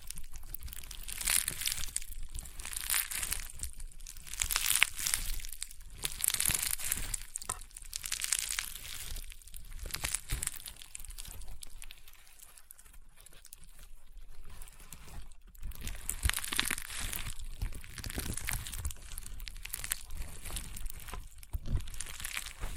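Slime is squeezed and worked in dense bursts of crunching, crackling and popping, bright and crisp, with many small snaps packed close together. The crunching comes in waves, quieter around the middle, then builds again strongly after about fifteen seconds.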